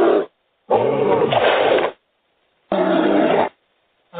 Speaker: here's what a black bear sounds like.